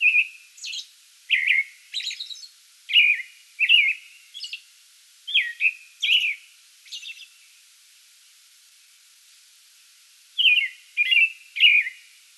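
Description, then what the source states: American robin singing a run of warbled, whistled phrases mixed with thin high squeaks, then a pause of about three seconds before another quick group of phrases. Song bout recorded 8 May 2022.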